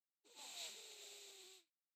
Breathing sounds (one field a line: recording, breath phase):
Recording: one breath near a microphone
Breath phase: inhalation